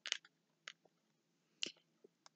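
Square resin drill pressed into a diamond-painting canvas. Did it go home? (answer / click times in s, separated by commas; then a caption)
yes / 0.1 s, 0.7 s, 1.6 s. Square resin drills are pressed one by one into an adhesive diamond-painting canvas, giving short, sharp clicks at 0.1, 0.7 and 1.6 seconds, with a few fainter ticks in between. The clicks show the drills are properly seated in place.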